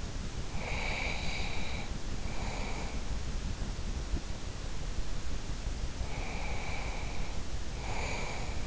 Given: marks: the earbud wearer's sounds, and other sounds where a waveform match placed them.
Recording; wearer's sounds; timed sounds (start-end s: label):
sounds in sleep by an in-ear microphone; breath
0.47-2.96 s: breath
5.98-8.67 s: breath